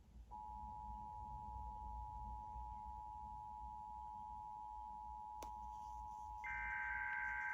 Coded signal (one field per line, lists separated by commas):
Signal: Emergency Alert System (SAME) tones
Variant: 853 and 960 Hz attention tone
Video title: EAS 964: LOT 80MPH WIND SVR